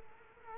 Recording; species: mosquito wingbeat signal from an infrared sensor; Culex quinquefasciatus